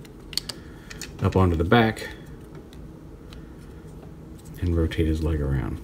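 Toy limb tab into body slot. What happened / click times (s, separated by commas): The plastic tab snapped into its slot / 0.4 s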